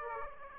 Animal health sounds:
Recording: mosquito wingbeat signal from an infrared sensor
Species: Aedes aegypti

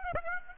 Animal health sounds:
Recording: mosquito wingbeat signal from an infrared sensor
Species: Aedes aegypti

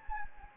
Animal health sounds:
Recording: mosquito wingbeat signal from an infrared sensor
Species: Anopheles gambiae

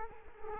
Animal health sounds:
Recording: mosquito wingbeat signal from an infrared sensor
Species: Culex quinquefasciatus

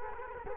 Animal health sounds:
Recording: mosquito wingbeat signal from an infrared sensor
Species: Culex quinquefasciatus

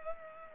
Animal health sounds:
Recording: mosquito wingbeat signal from an infrared sensor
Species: Culex pipiens

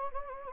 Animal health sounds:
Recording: mosquito wingbeat signal from an infrared sensor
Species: Anopheles gambiae

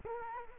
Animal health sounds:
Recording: mosquito wingbeat signal from an infrared sensor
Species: Culex quinquefasciatus

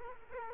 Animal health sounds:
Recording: mosquito wingbeat signal from an infrared sensor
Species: Culex quinquefasciatus

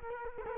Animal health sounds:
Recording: mosquito wingbeat signal from an infrared sensor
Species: Culex quinquefasciatus

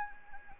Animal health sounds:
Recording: mosquito wingbeat signal from an infrared sensor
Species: Anopheles gambiae

